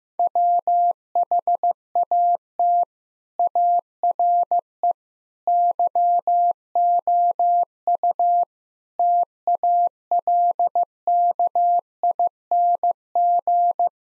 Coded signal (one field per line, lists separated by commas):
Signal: Morse code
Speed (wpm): 15 wpm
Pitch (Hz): 700 Hz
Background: none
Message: WHAT ARE YOU TALKING